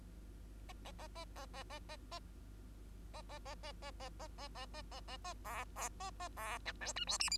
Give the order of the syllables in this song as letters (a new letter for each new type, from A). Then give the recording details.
A A A A A A A A A A A A A A A A A A A A A A B B A A B C D E F G H. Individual Bird2